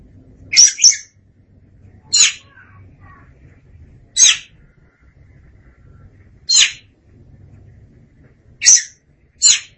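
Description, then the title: Oriental magpie-robin giving sharp notes at irregular intervals, the first doubled, over a faint low hum. "Suara Kicauan Burung Kacer Durasi Panjang"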